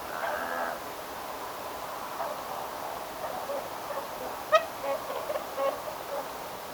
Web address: paivat 29 10 2025 haarapaaskysen pesapaikan laulujoutsenpesue aantelee lahiaania sosiaalisia poikasten aantelyja